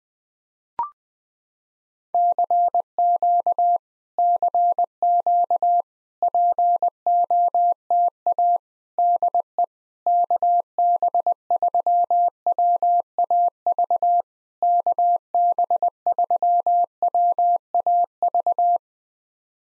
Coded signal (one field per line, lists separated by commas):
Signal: Morse code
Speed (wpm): 20 wpm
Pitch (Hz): 700 Hz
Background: none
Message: CQ CQ POTA DE KB3WAV KB3WAV